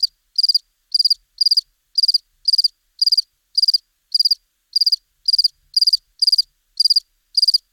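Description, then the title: House cricket chirping steadily, short pulsed chirps repeated nearly twice a second in an otherwise silent background. Recorded at Buoux, Vaucluse, in May 2001. "Sylvain Jaskowiak - Animus. Grillon domestique - Buoux, Vaucluse - mai 2001"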